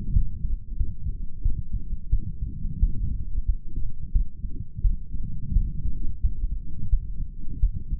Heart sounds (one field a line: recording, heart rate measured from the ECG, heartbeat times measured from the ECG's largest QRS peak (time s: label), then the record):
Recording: heart sounds by stethoscope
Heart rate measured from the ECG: 88 bpm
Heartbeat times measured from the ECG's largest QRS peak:
0.13 s: heartbeat
0.77 s: heartbeat
1.42 s: heartbeat
2.10 s: heartbeat
2.79 s: heartbeat
3.46 s: heartbeat
4.12 s: heartbeat
4.82 s: heartbeat
5.53 s: heartbeat
6.21 s: heartbeat
6.90 s: heartbeat
7.60 s: heartbeat
From the record:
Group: healthy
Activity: light exercise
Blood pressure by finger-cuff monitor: 118/72 mmHg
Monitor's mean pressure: 87 mmHg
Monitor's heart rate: 90 bpm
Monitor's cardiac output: 6.9 L/min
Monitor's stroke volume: 76 mL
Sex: male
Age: 35 years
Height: 178 cm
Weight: 64 kg